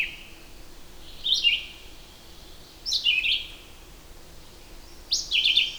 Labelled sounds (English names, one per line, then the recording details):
Red-eyed Vireo song
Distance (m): 10 m
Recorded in boreal forest in Alberta, Canada, on 8 June 2016 at 07:57
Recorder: SongMeter 3, array SBT-3-9
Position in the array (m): 10 m, 113 m